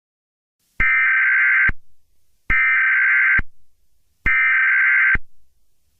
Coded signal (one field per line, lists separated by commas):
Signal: Emergency Alert System (SAME) tones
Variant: header bursts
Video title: EAS Scenario #1: Alien Invasion